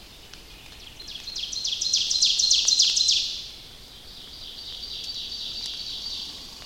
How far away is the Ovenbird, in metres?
about 45 m